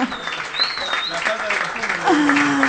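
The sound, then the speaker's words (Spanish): An audience at Estación Encuentro applauds musicians at a band's show with steady, dense clapping, a few high whistles cutting through, while a voice rises over the noise toward the end. “Fuerte ese aplauso, bravo, por favor, vamos.”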